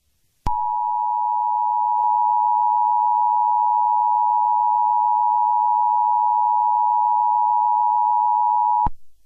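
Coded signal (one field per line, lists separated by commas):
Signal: Emergency Alert System (SAME) tones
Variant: 853 and 960 Hz attention tone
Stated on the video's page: Fictional EAS scenario, re-uploaded.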